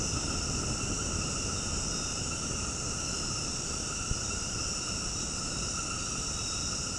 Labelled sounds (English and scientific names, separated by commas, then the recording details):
none
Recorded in dense forest near Puerto Asís, Putumayo, Colombia, on 19 February 2024 at 20:30
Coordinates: 0.486, -76.316
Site G6437